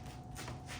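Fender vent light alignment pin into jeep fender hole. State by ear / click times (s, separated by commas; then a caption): not seated / none. A plastic fender vent light housing is handled and pushed toward the holes in a Jeep fender, with its alignment pin lined up to go in. Only soft shuffling and rubbing handling sounds are heard, at a fairly steady level. Nothing has seated or clicked yet.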